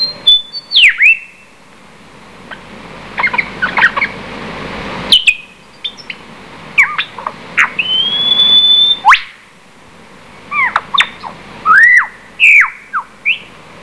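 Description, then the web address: Lyrebird song, a varied medley of swooping whistles, sharp clicks and harsh squawks, including one long rising whistle held steady, broken by short pauses. "coenelemans lyrebird"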